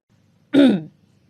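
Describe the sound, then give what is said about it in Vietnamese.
A man gives a single short, gruff cough, almost like clearing his throat, lasting under half a second against an otherwise quiet background. “Anh ho lên vài tiếng.”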